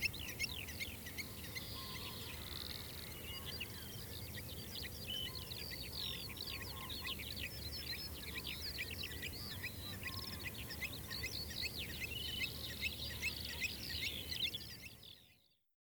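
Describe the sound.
Bird chorus: dense overlapping high chirps and trills, continuous throughout, over a steady low rumbling noise, ending abruptly.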